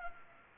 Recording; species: mosquito wingbeat signal from an infrared sensor; Culex pipiens